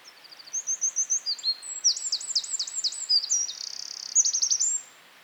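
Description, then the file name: Eurasian wren song: quickening high notes burst into loud trills, sharp repeated phrases and a buzzy rattle, lasting nearly five seconds. "Troglodytes troglodytes"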